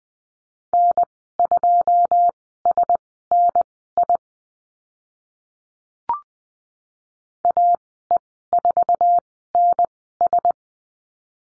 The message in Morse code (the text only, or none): N2SNI AE4NS